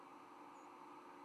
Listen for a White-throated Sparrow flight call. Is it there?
yes